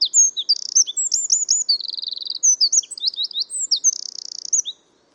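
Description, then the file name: Eurasian wren singing a fast, loud burst of high tinkling notes broken by rattling trills, ending abruptly just before five seconds, then quiet. "Troglodytes troglodytes"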